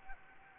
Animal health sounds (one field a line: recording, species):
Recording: mosquito wingbeat signal from an infrared sensor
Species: Anopheles gambiae